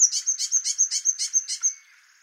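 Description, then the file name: Eurasian blue tit calling a quick string of very high, thin notes alternating with short buzzy churrs, fading out at the end. "Cyanistes caeruleus"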